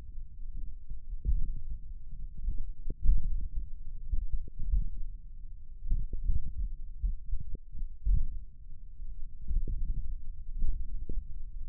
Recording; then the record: forearm muscle sounds (acoustic myography)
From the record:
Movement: finger pinch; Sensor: system 1, eight BSWA MPA416 microphones around the upper forearm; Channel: 8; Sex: male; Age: 28 years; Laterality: right